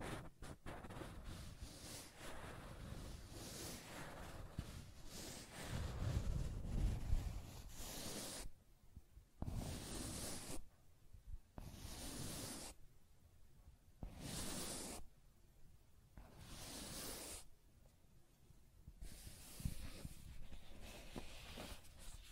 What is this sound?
Scratching and Tracing Sounds